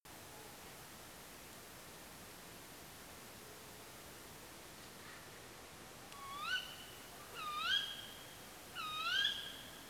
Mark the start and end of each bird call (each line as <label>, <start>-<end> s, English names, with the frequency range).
unidentified bird (1.2-4.3 kHz), 4.97-5.32 s
Tawny Owl (0.8-6.1 kHz), 6.15-6.79 s
Tawny Owl (0.3-6.6 kHz), 7.11-8.06 s
Tawny Owl (0.7-6.5 kHz), 8.70-9.40 s